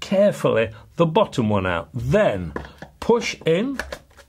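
Someone talks while a detachable shoulder stock is handled at the rear of an Airforce One Trophy Mk2 air pistol, after the rear caps have been removed (a screwdriver may be needed to ease the bottom one out). Speech fills the clip, with a faint short knock near the end. The stock has not yet seated or clicked into place.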